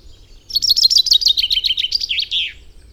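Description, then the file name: Common chaffinch song: a fast run of sharp notes about two seconds long, dropping slightly in pitch and ending in a brief flourish, over faint low rumble. "Fringilla coelebs"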